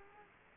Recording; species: mosquito wingbeat signal from an infrared sensor; Aedes aegypti